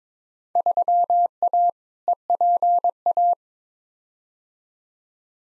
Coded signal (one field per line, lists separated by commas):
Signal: Morse code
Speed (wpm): 22 wpm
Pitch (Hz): 700 Hz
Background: none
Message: 3A EPA